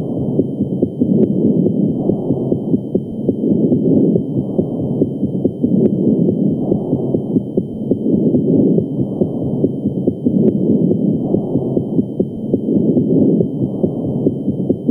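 Bronchial breath sounds heard over an adult chest through a stethoscope.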